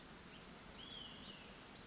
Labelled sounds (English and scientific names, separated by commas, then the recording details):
Olive-sided Flycatcher (Contopus cooperi)
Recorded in Sonoma County, California